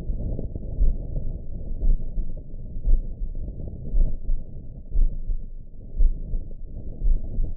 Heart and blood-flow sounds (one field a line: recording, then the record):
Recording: heart sounds by optical stethoscope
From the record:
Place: tricuspid valve (TV)